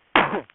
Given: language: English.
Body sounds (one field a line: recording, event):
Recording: throat vibration sensor signal played as sound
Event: cough